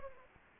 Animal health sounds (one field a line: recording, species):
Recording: mosquito wingbeat signal from an infrared sensor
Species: Anopheles gambiae